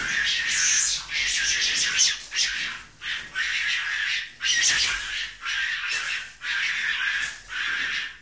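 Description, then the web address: Monkey screeching in a steady series of harsh, hoarse bursts, some close together, continuing through about eight seconds. "audio animali scimmie scimmie monkey"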